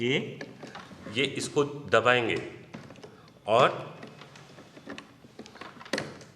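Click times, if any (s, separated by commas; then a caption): 5.9 s, 6.0 s. A ballot unit's cable connector is pushed into the VVPAT socket after its red and black marks are lined up, while someone talks. After a few faint taps, a sharp double click sounds at 5.9 and 6.0 seconds as the connector seats, showing it is connected.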